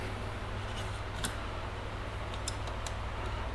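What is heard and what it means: The side of a plastic gauge pod trim holding boost and AFR gauges is pressed back into a dashboard vent opening on an Evo X after one clip on that side was missed. Over a steady low hum, two light clicks are heard at 2.5 s and 2.9 s as the clip snaps home and the trim is seated.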